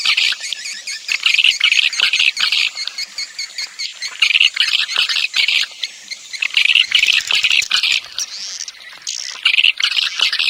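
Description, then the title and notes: Swiftlet twittering: rapid high clicks and buzzy chirps in bursts separated by short pauses, steady and loud throughout. Swiftlet sound used for swiftlet farming in Asia. "Swiflet Bird Sound. Farming Swiflet Bird asia sound"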